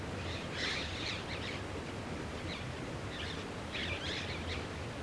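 Flame-winged parakeet calls: a few bursts of rasping, chattering notes over a constant low rumble.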